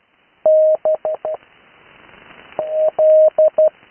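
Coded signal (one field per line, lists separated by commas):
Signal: Morse code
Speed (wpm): 12 wpm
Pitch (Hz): 620 Hz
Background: radio noise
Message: N L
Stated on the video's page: Live 80m CW used for learning Morse on HF, with speed increase.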